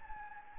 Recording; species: mosquito wingbeat signal from an infrared sensor; Anopheles gambiae